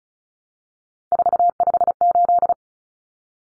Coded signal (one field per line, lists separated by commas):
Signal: Morse code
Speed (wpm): 34 wpm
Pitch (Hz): 700 Hz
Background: none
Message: 458